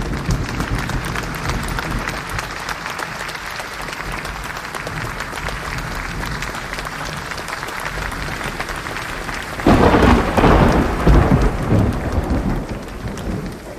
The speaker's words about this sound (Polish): Kosmiczna burza w śląskim planetarium. Zima, styczeń roku 2007.